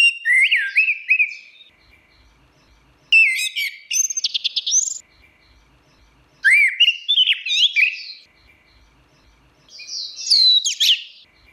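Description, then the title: Songbird singing varied phrases of slurred, rising and falling whistles mixed with quick chattering notes, separated by short pauses. "SuaraBurung Kicau"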